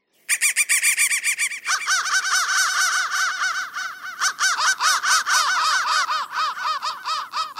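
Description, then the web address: Crows giving harsh, nasal caws that start abruptly and continue in a dense overlapping run of quick repeated calls from several birds. "soundfactory crow"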